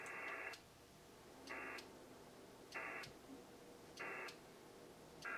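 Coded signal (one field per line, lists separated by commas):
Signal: HF data modem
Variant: PACTOR III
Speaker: and this radio will start calling out to that [Music] station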